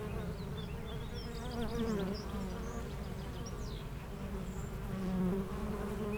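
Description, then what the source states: Honey bees buzzing in a continuous low hum with swelling passes, while small birds twitter in short high chirps across the top. Foraging honey bees flying constantly to and from flowers between two hives of a garden apiary in Aix-les-Bains, France; a few birds in the nearby woods.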